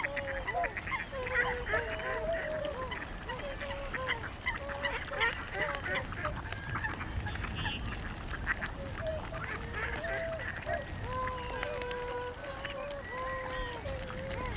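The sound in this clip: Whooper swan flock calling, many overlapping bugling honks in a continuous chorus, with a low rumbling background throughout.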